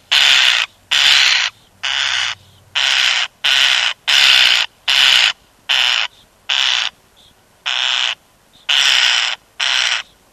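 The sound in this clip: European starling calling with repeated harsh, noisy screeches, around a dozen short bursts in quick succession.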